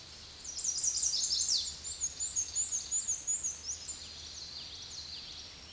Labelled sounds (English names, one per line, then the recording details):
Black-and-white Warbler song
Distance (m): 25 m
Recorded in a Pennsylvania forest on 20 May 2023 at 06:52
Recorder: AudioMoth, point grid1_9_low
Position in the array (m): 86 m, 119 m